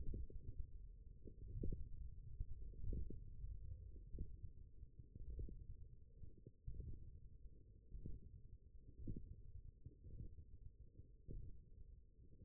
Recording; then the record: forearm muscle sounds (acoustic myography)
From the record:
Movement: ulnar deviation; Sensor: system 1, eight BSWA MPA416 microphones around the upper forearm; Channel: 7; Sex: male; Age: 20 years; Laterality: left